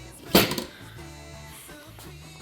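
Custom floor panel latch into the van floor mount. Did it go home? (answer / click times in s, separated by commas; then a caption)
yes / 0.4 s. A custom-built floor panel with legs on Velcro latches and hooks into its mount in a van floor after the front seat is removed. A sharp latch click lands at 0.4 s with a quick rattle at 0.6 s, over soft music. The panel is seated.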